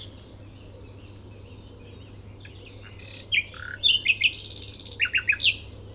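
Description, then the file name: Common nightingale song: faint notes at first, then loud varied notes and a short run of repeated sharp phrases near the end. "Luscinia megarhynchos"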